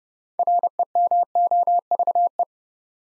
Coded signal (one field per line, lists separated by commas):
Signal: Morse code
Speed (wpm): 30 wpm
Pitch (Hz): 700 Hz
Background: none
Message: REMOVE